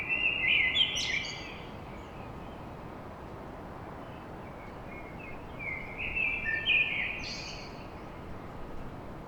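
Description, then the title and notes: Common blackbird delivering a rich warbled phrase with a squeaky flourish, then a second phrase after a pause, over continuous low background noise. Blackbird song at dawn in Paris. "Blackbird Poetry At Paris. Enregistrement d'un chant de merle à l'aube dans Paris"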